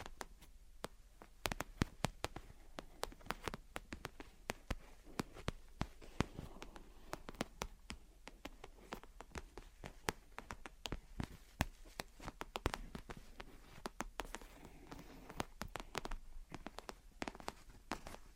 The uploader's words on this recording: Gentle Tapping and Scratching. (No Talking).